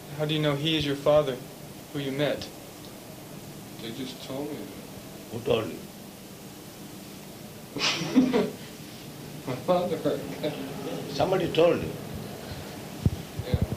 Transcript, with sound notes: How do you know he is your father, who you met?
He just told me.
Who told you?
[laughs] My father.
Somebody told you.
Yeah.